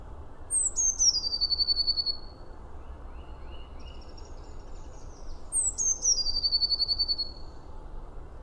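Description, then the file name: Eurasian blue tit singing twice: sharp high introductory notes dropping into a quick rattling trill, with soft fainter chirps between phrases and low background noise. "Cyanistes caeruleus"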